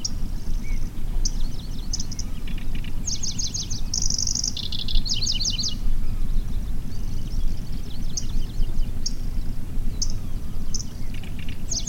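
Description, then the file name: Pallas's grasshopper warbler song: one central burst of fast, high, rattling and buzzy notes among sparse thin chips, set against a constant low droning background noise. "Golosa ptic - Pevchij sverchok Locustella certhiola"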